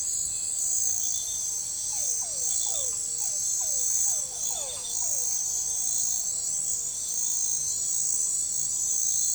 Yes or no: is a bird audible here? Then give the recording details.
no. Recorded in forest near Pivijay, Magdalena, Colombia, on 15 April 2023 at 23:30. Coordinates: 10.467, -74.380. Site Z5-G034